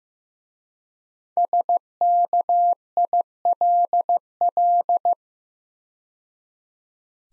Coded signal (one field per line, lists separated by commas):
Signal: Morse code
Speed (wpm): 15 wpm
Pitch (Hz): 700 Hz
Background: none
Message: SKILL